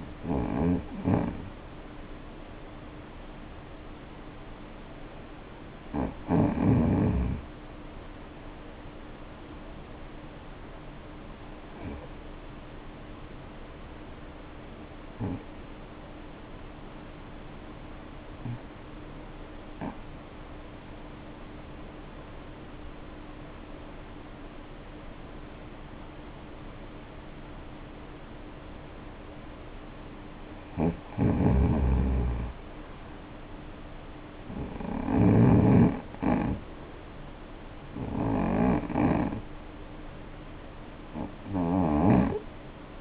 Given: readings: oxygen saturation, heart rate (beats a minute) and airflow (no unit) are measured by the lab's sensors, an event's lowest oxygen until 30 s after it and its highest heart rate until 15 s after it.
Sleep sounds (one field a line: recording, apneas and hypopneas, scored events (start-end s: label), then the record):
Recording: breathing in sleep by a voice recorder at the bedside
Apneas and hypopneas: 1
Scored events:
9.00-28.30 s: obstructive apnea (N2, oxygen 93% highest, then 88% lowest, heart rate 50 at the start, 63 highest)
From the record:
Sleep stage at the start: N2 (light sleep)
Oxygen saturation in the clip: 88 to 93%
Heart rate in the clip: 48 to 63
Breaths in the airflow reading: 12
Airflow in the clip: -0.6 to 0.6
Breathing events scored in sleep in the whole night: 520 in 7.2 hours asleep